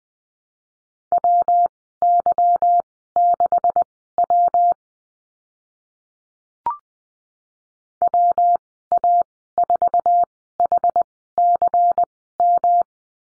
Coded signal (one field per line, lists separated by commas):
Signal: Morse code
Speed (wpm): 19 wpm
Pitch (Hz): 700 Hz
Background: none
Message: WY6W WA4HCM